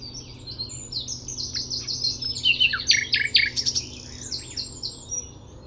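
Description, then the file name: Common nightingale producing a jumbled phrase of high whistles and sharp clicking notes, rising in loudness mid-phrase, over a faint hum. "Luscinia megarhynchos"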